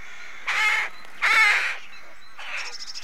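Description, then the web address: Rooks giving harsh, grating caws, two loud drawn-out calls in the first two seconds followed by a softer caw and faint higher chatter. Rookery colony. "The BBC Sound Effects Library - Complete 60 CDs Collection Sound Effects Library (British Birds) Rookery"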